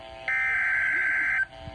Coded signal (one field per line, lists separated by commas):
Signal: Emergency Alert System (SAME) tones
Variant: header bursts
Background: speech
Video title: EAS #393 (Severe Thunderstorm Warning) My County is Included!